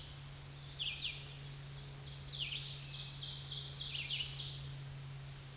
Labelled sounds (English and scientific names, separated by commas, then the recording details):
Ovenbird (Seiurus aurocapilla) song
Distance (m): 30 m
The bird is about 10 m above the microphone
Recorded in a Pennsylvania forest on 16 May 2024 at 07:55
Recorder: AudioMoth, point MSD-2083
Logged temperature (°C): 16.7 °C
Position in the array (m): 146 m, -10 m